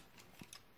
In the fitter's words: fold the foot down to lock into place